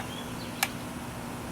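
A child's fixed-blade knife is pushed into its plastic sheath and snaps into the retention lock, giving one short, sharp click at 0.6 s over quiet background noise. The knife is seated and locked so it won't fall out.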